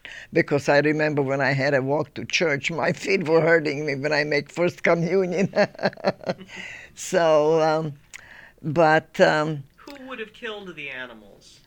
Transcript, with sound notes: Because I remember when I had to walk to church my feet were hurting me but I made First Communion. (she laughs)
Who would have killed the animals?